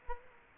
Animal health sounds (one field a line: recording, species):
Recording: mosquito wingbeat signal from an infrared sensor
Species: Culex quinquefasciatus